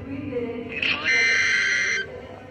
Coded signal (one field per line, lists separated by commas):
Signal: Emergency Alert System (SAME) tones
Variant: header bursts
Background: speech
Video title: Multiple Storms:Part 2|EAS 1256-1281|EAS Alerts from June 21st 2024